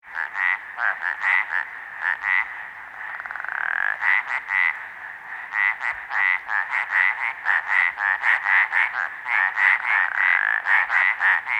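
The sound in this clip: Arizona treefrog giving quick series of short pulsed croaking notes, about four per second, with a blurred continuous stretch midway and steady repeats afterward.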